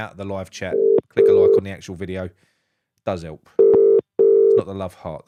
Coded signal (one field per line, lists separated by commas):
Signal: telephone call progress tone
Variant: UK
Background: speech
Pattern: ringback tone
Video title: Sunday Night Live With Nick: Phone In Show... Have Your Say!